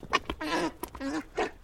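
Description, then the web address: Alpaca grumbling, a few short throaty nasal grunts and moans in quick succession, broken by soft clicks and breaths. Male. "Sound Effects-Foundation 1 ANIMAL ALPACA MALE GRUMBLE"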